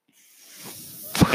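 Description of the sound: A steadily rising airy hiss for about a second, then a sharp puff: a home mechanical ventilator cycling a breath.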